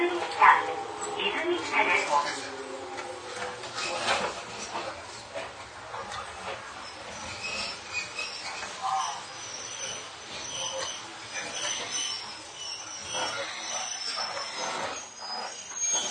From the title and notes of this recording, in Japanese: 伊豆箱根鉄道3000系(鋼製車) 修善寺〜三島。車体は20ｍ級3扉車。